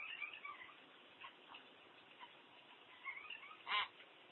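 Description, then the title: Common hill myna making soft warbling, wavering whistles that end in one sudden loud, harsh squawk near the close. "burung beo"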